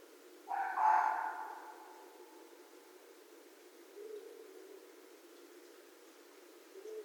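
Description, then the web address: Red fox call, one loud harsh yelp early on, followed by quieter faint sounds later amid steady low hiss. Recorded 2 January 2012. "Red Fox 2012 01 02"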